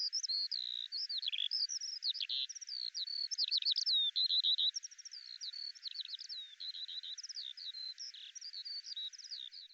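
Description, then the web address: Bird song, a continuous stream of varied chirps, quick trills and sliding whistled notes, rapid and busy throughout with no other sounds. "Deverinetal 2025 File cleaned normalized Bird Al Ar"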